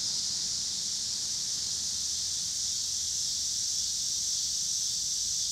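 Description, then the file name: Cicada: steady high-pitched buzzing of cicadas, a seamless insect chorus with barely any variation, faint low hum beneath. Cicadas recorded with passing car noise in Pittsburgh, Pennsylvania, on 26 August 2023. "cicadas and cars Pittsburgh PA"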